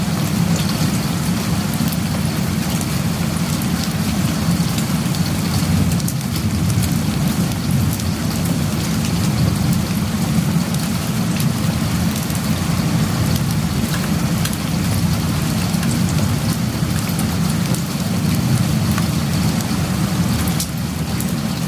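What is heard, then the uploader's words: Rain falls steadily for the whole stretch, a dense, even hiss with a strong low rumbling body underneath. Countless drops blur together without clear pauses, and the level stays nearly constant, with only slight dips around six and twenty-one seconds. Rain.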